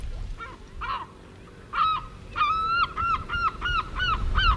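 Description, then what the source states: Lesser Black-backed Gull calls: a few scattered nasal notes, then a long drawn note followed by a run of evenly spaced laughing yelps. Heard live from a gull behind the speakers; the call is described as a laughing little sound.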